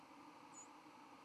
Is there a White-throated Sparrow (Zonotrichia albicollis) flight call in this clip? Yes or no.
yes